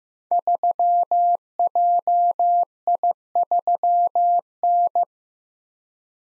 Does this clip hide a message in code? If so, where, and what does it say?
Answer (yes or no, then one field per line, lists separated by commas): yes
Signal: Morse code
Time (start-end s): 0.3-5.0 s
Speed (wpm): 15 wpm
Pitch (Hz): 700 Hz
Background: none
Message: 3JI3N